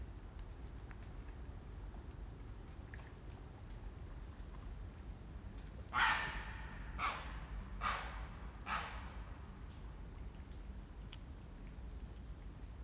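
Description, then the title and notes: Grey heron uttering four hoarse, rasping croaks roughly one second apart midway through, set against a constant low background rumble and faint ticks. Recorded overnight on the Rhône bank at Bassy, France, by an unattended sound trap almost in the water beside a boat; Sennheiser MKH8020 stereo AB, Zoom F8; background rumble, possibly a stream or traffic. "Piège à son nocturne - bord de Rhône - Bassy. Ici des cris de héron cendré"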